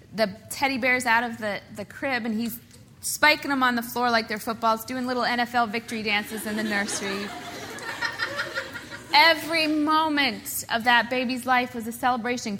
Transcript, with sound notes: the teddy bears out of the crib, and he’s spiking them on the floor like they’re footballs, doing little NFL victory dances in the nursery. (Laughter) Every moment of that baby’s life was a celebration.